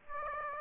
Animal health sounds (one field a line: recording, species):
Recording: mosquito wingbeat signal from an infrared sensor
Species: Aedes aegypti